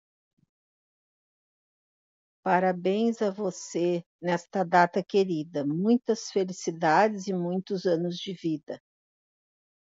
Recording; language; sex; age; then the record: short text; Brazilian Portuguese; female; 60 to 69 years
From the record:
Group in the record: control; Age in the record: 64 years